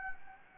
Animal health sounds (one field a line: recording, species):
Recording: mosquito wingbeat signal from an infrared sensor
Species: Anopheles gambiae